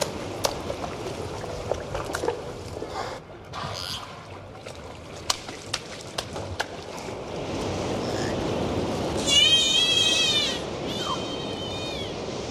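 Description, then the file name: Dolphin sounds: sharp isolated clicks through the first half, then a long wavering harmonic whistle followed by a shorter tonal call over steady water noise. "Zvuki prirody - Delfiny"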